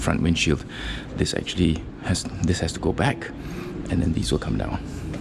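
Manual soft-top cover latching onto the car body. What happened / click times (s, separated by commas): Handled, not yet home: roof cover brought down but not latched / none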